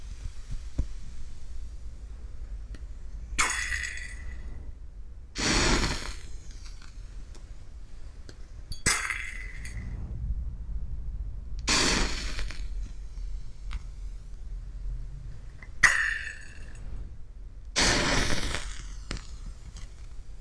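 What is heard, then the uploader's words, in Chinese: Beakers and test tubes clink and rattle in about six bright, sharp bursts spaced a few seconds apart, over a low steady hum. 烧杯 试管 做个实验。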